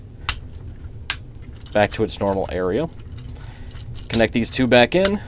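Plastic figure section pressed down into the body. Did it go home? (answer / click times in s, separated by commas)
yes / 0.3 s, 1.1 s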